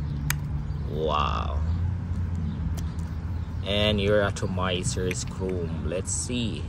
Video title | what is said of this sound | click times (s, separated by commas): WAJOOD Lattafa Pride -- Lattafa Perfumes | click into place guys | 0.3 s